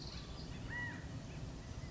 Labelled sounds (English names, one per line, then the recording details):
California Quail
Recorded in Sonoma County, California